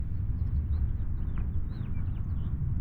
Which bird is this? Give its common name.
House Finch